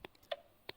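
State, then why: Not seated. A printed plastic bottom part is being handled and pressed back into a freshly printed plastic support fixture on a 3D printer bed, mid-print. Three short, sharp ticks are heard, near 0.1, 0.3 and 0.7 seconds, against quiet background noise. Nothing has seated or clicked into place yet.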